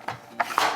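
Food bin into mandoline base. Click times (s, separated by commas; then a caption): 0.4 s, 0.6 s. A plastic food bin is slid into the base of a Pampered Chef Rapid-Prep Mandoline and snaps into place. A brief sliding rub is heard near 0.1 s, then sharp plastic clicks at 0.4 s and 0.6 s as the bin seats.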